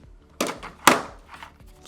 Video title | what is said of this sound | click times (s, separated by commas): NAS СЕРВЕР UGREEN NAS DXP4800 PLUS — МОЩНОЕ СЕТЕВОЕ ХРАНИЛИЩЕ С 10GBE И ПОДДЕРЖКОЙ ДО 112 ТБ | dass alles eingerastet ist | 0.4 s, 0.9 s